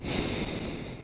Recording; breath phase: one breath near a microphone; exhalation